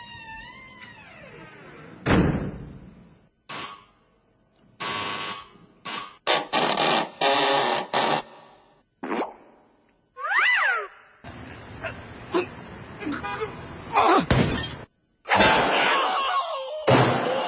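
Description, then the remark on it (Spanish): A swinging door slams and crashes again and again in loud, irregular bursts with clattering debris between them, while a cat yowls briefly partway through. “Puedes salir por aquí si quieres, por la puerta, la puerta abatible, ¿eh?”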